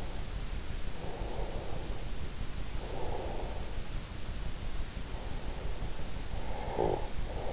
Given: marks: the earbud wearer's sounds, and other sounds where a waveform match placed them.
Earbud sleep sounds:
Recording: sounds in sleep by an in-ear microphone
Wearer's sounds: breath, snoring breath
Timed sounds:
0.51-4.11 s: breath
5.71-7.53 s: snoring breath

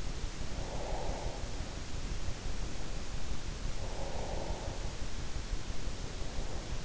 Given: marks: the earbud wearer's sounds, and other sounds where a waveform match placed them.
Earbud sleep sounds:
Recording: sounds in sleep by an in-ear microphone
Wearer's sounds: breath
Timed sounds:
0.34-3.01 s: breath
3.65-6.75 s: breath

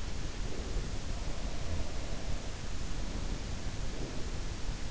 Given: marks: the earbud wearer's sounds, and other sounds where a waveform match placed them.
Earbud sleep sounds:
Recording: sounds in sleep by an in-ear microphone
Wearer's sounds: breath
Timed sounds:
0.39-2.40 s: breath
2.90-4.72 s: breath

